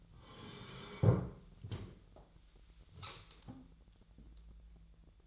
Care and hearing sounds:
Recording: daily activity, microphone in the room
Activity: sit down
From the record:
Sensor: 3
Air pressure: 1001.8 hPa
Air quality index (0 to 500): 248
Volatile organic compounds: 137 ppm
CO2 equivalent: 3964 ppm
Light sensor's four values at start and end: 12/29/12/13 and 10/23/10/10

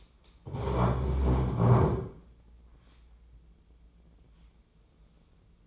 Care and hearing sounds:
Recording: daily activity, microphone in the room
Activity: stand up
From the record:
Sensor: 1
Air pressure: 996.0 hPa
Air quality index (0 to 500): 238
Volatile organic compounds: 1000 ppm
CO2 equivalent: 6930 ppm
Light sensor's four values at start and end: 35/88/37/45 and 34/82/35/43

